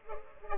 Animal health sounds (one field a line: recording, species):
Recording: mosquito wingbeat signal from an infrared sensor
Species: Culex pipiens